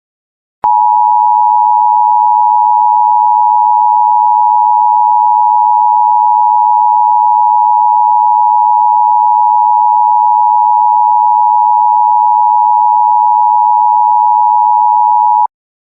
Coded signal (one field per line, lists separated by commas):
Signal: Emergency Alert System (SAME) tones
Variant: 853 and 960 Hz attention tone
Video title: C&C EAS Scenario - Part One: The Arrival